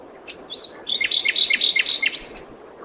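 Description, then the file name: Common nightingale delivering a rapid, rhythmic phrase of loud alternating high and low notes, many in a row, ending in a final sharp high note. "Luscinia megarhynchos"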